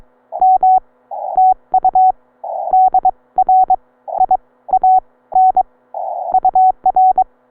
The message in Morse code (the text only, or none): M TU DR IAN UR